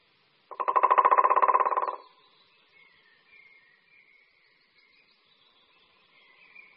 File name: Strakapoud-bělohřbetý